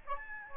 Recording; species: mosquito wingbeat signal from an infrared sensor; Aedes albopictus